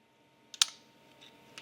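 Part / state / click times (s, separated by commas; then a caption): snap ring into master cylinder bore groove / not seated / none. A flat screwdriver pushes a steel snap ring (circlip) down into the groove of a brake master cylinder bore. Short metallic clicks and scrapes sound at about 0.5 s and 0.6 s, with a fainter tap near 1.6 s. The ring has not snapped into the groove yet.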